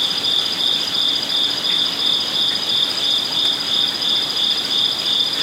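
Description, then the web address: Crickets chirping in a steady high pulsed trill, about three pulses a second, with a second continuous high tone above and soft background hiss. Crickets at night beside a koi pond in a zen garden in Kyoto, Japan. "lynne-publishing amb crickets koipond Kyoto zen garden night Japan"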